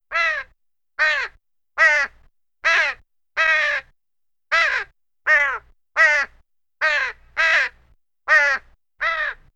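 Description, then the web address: Crow cawing, a harsh caw repeated about a dozen times, roughly every second. "Ambient Crow"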